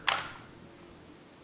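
The other side of a plastic game controller shell is pressed closed onto the other shell half, giving one sharp snap at 0.9 s that fades within a few tenths of a second into a quiet background. The shell snaps fully closed and the controller is seated. Wait, the time must be 0.1 s (0.09 rounded). The other side of a plastic game controller shell is pressed closed onto the other shell half, giving one sharp snap at 0.1 s that fades within a few tenths of a second into a quiet background. The shell is fully closed and seated.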